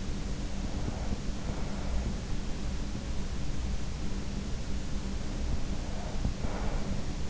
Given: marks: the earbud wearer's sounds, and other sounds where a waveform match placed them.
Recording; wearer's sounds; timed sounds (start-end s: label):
sounds in sleep by an in-ear microphone; breath
0.03-2.66 s: breath
5.50-7.29 s: breath